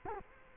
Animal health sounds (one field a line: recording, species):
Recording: mosquito wingbeat signal from an infrared sensor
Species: Culex quinquefasciatus